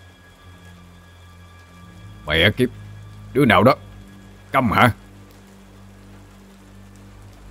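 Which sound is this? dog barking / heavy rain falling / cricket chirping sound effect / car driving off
heavy rain falling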